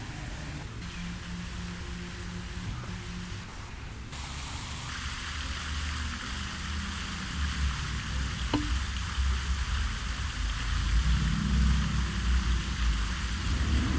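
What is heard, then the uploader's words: A campus fountain sends a steady, dense hiss of falling water through the whole recording. Beneath it, low traffic rumble grows louder after the midpoint, with faint voices early on and a single sharp tap near the eight-second mark. In the center of campus is a fountain surrounded by 120 palm trees. The sources for this audio piece are binaural recordings made by positioning a microphone at each tree in the southeast quadrant. The recordings are cut together to produce a mixture of rapid changes and longer segments.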